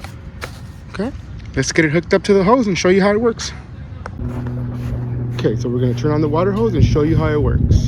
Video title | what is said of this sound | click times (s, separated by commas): UFO Rocket Launcher Sprinkler | and the grooves that are on there make it so you just insert it and twist and it locks into place. | 0.0 s, 0.4 s